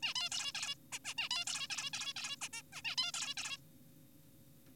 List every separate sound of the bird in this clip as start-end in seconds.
0.02-0.14, 0.16-0.29, 0.32-0.52, 0.55-0.75, 0.92-0.99, 1.05-1.14, 1.18-1.29, 1.31-1.45, 1.47-1.67, 1.70-1.90, 1.93-2.13, 2.16-2.36, 2.42-2.48, 2.53-2.62, 2.73-2.82, 2.85-2.96, 2.98-3.12, 3.14-3.34, 3.37-3.58